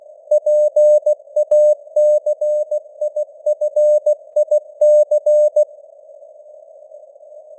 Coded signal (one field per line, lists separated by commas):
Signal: Morse code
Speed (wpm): 16 wpm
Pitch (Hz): 600 Hz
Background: none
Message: PACIFIC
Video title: Morse Code News | 2025-12-16 | 16wpm